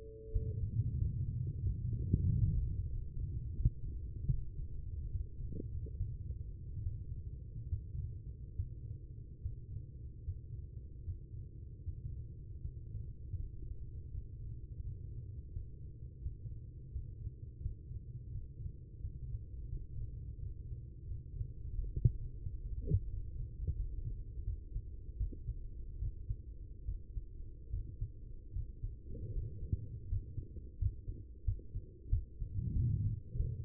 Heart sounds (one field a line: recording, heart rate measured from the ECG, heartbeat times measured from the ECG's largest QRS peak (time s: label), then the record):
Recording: heart sounds by stethoscope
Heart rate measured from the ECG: 82 bpm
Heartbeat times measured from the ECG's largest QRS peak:
0.31 s: heartbeat
0.97 s: heartbeat
1.62 s: heartbeat
2.25 s: heartbeat
2.88 s: heartbeat
3.55 s: heartbeat
4.29 s: heartbeat
5.10 s: heartbeat
5.96 s: heartbeat
6.81 s: heartbeat
7.67 s: heartbeat
8.54 s: heartbeat
9.39 s: heartbeat
10.22 s: heartbeat
11.02 s: heartbeat
11.82 s: heartbeat
12.59 s: heartbeat
13.34 s: heartbeat
14.09 s: heartbeat
14.81 s: heartbeat
15.51 s: heartbeat
16.20 s: heartbeat
16.90 s: heartbeat
17.60 s: heartbeat
18.30 s: heartbeat
18.99 s: heartbeat
19.67 s: heartbeat
20.37 s: heartbeat
21.05 s: heartbeat
21.73 s: heartbeat
22.41 s: heartbeat
23.08 s: heartbeat
23.75 s: heartbeat
24.43 s: heartbeat
25.16 s: heartbeat
25.98 s: heartbeat
26.84 s: heartbeat
27.69 s: heartbeat
28.52 s: heartbeat
29.31 s: heartbeat
30.08 s: heartbeat
30.78 s: heartbeat
31.44 s: heartbeat
32.09 s: heartbeat
32.73 s: heartbeat
33.36 s: heartbeat
From the record:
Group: healthy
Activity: rest 0-1 s, Valsalva maneuver 1-31 s, rest 31-34 s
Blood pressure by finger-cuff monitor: 117/84 mmHg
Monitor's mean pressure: 95 mmHg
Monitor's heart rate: 86 bpm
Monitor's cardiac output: 5 L/min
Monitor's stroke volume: 59 mL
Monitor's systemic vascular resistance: 1390 dyn s/cm5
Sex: female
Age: 43 years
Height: 160 cm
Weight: 90 kg